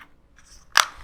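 The plastic rear bracket of a tablet mount is pushed up behind a drone remote controller until it snaps. After some faint rustling, a single sharp, bright snap is heard at 0.8 s, and the bracket is locked in place.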